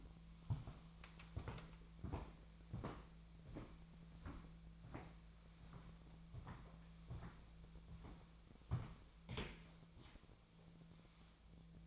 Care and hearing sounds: daily activity, microphone in the room; walk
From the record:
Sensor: 1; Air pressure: 1008.2 hPa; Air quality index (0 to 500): 192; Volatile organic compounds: 18 ppm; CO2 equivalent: 2605 ppm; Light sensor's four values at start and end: 12/28/12/13 and 15/38/15/18

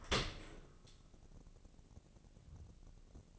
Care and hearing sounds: daily activity, microphone in the room; open dishwasher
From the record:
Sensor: 4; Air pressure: 1013.2 hPa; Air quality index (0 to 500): 172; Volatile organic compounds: 2 ppm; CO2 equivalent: 1086 ppm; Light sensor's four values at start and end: 72/180/74/75 and 72/179/74/75

